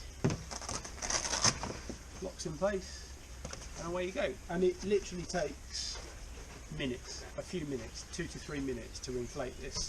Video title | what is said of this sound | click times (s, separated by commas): McConks Go Fly 5m wing SUP/surfing/foiling wing overview | and then that locks in place | 0.2 s